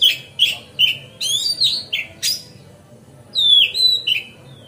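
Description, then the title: Magpie-robin song of repeated descending whistles and buzzy notes, a pause, then a bright falling whistle phrase. Masteran (training song) recorded on a terrace. "Kacer Masteran Teras"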